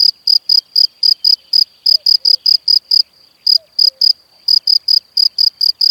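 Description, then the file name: Cricket song of quick high chirps repeated steadily, with a short pause near the middle before the chirping resumes; a few faint soft sounds underneath. "Świerszcze"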